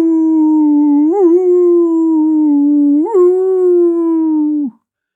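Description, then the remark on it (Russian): A dog lets out one long, sustained mournful howl, loud and steady in pitch, with two brief wavering quivers along the way, then trails off into a short falling whimper before stopping. “Шарик, а Шарик, чего ты скулишь, бедняжка, а?”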